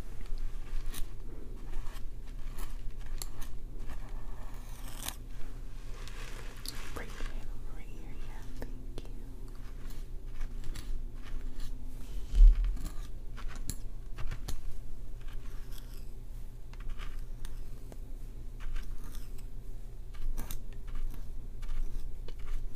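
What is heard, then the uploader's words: Scalp oiling and scratching massage with hair brushing: dense, irregular crisp scratches and plucks over a steady low hum, one sharper knock near twelve seconds. ASMR This Or That - Bestie Plays With Your Hair (Scalp Oiling, Plucking, Scratching, Hair Brushing). Scalp oiling, plucking, scratching (massage), hair parting, and brushing.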